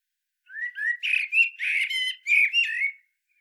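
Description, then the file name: Common blackbird giving one continuous warbling phrase of slurred, whistled and squeaky notes lasting about two and a half seconds. "Turdus merula"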